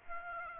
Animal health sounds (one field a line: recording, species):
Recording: mosquito wingbeat signal from an infrared sensor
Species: Aedes aegypti